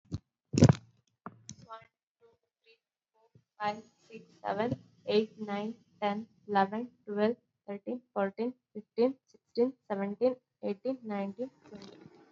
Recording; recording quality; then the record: counting at a normal pace; excellent, no background noise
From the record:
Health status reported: recovered from COVID-19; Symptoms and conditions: cough, cold, fatigue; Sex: female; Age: 20 years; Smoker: not ticked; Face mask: worn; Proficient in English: yes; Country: India